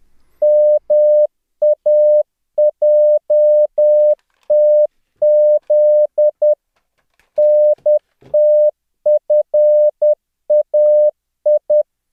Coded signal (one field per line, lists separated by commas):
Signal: Morse code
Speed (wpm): 10 wpm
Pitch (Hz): 600 Hz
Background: none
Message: MAJTZ NTFAI